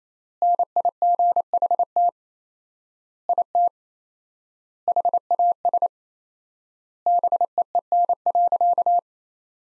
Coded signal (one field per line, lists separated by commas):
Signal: Morse code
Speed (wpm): 28 wpm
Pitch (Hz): 700 Hz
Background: none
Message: NIGHT IT HAS BEEN.